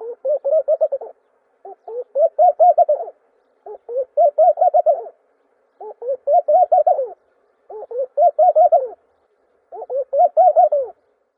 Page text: Горлица малая - звук